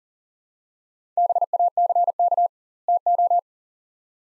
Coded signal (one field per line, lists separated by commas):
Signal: Morse code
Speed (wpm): 40 wpm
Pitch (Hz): 700 Hz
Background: none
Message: BACK TO